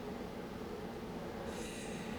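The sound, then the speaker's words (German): Tanks being loaded onto railway wagons at the station, to be taken to a military training area: a steady, heavy low rumble of rolling rail cars, joined partway through by a thin, hissing metallic squeal. The tanks have 800-horsepower engines and tracks. No voices. “Sie verladen die Panzer und fahren damit zum Truppenübungsplatz.”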